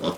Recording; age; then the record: pig call; piglet (1 to 25 days)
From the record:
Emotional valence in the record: positive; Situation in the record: huddling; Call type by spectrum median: low-frequency call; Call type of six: low-frequency stable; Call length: 0.18 s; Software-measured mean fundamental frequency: 66 Hz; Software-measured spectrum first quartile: 387 Hz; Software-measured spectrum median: 694 Hz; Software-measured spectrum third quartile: 2113 Hz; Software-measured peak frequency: 558 Hz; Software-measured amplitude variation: 140 dB a second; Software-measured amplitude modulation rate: 2.8 a second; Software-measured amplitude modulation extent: 50.8 dB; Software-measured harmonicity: 1.5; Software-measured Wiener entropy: -1.84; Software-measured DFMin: 1023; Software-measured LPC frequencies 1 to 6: 498, 1108, 2246, 3474, 5226, 6178 Hz